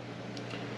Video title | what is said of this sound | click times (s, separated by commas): COMPARING CHEAP VS EXPENSIVE RADIATOR FANS-1998 MITSUBISHI ECLIPSE GSX-FAN SHROUD INSTALL-COOLING | feel it snap right in and | 0.4 s